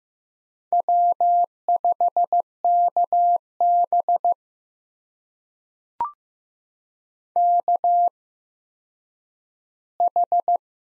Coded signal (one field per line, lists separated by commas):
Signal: Morse code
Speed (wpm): 15 wpm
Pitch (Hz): 700 Hz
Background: none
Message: W5KB KH